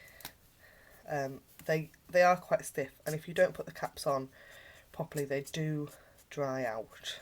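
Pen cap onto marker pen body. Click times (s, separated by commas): 0.2 s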